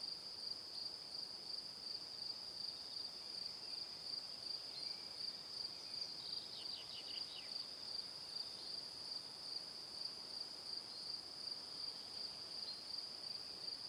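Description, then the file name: Crickets: a steady high chorus, rhythmically pulsed, with a short cluster of falling chirps in the middle. Evening. "Calm - Evening Crickets"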